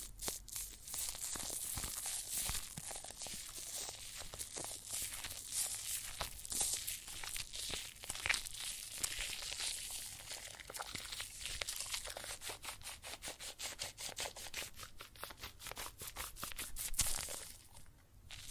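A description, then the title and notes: Soapy foam fizzes and crackles, a dense hiss of tiny popping bubbles that stays bright and busy throughout. Sharp crinkly clicks come in quick irregular bursts, thickening in the last few seconds before the sound thins out and fades near the end. ASMR Relaxing Water and Soap Foam Sounds (No Talking).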